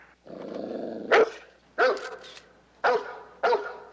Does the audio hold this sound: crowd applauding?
no